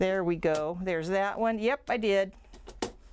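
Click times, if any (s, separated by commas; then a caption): 2.8 s. A magnet on a magnetic flat embroidery frame is placed over the fabric and stabilizer and snaps down onto the metal frame, clamping the fabric onto the hoop. Someone talks, then a faint tap at about 2.5 seconds is followed by a sharp click at 2.8 seconds as the magnet snaps into place.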